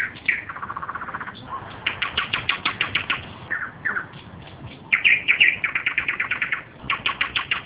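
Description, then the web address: Nightingale song: rich phrases mixing slurred whistles with long runs of loud, evenly repeated percussive notes, several phrases following one another. Recorded on 7 May 2012. "2012 05 07 solovei"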